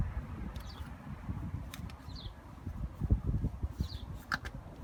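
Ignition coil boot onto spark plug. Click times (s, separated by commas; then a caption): 4.3 s. On a 1995 Nissan Quest, an ignition coil boot is pushed down onto the spark plug after a struggle to find the spark plug terminal. Low rubbing and handling noises and a few faint taps lead up to a sharp, solid click at 4.3 s, and the boot is seated.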